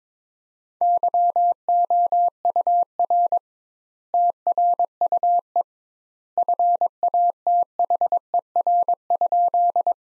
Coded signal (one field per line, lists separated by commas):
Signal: Morse code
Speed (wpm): 22 wpm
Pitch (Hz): 700 Hz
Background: none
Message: YOUR TRUE FATHER?